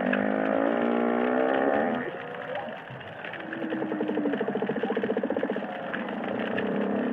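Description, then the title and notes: Humpback whale song: a rich harmonic moan for two seconds, a quieter falling sweep, then a rapid pulsed rattle of repeated units alongside a low tone. Humpback whales singing and calling, recorded underwater in the Indian Ocean. "Whale Song is a collection of underwater recordings of humpback whales"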